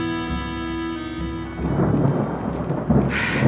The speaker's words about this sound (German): Regen und Sturm.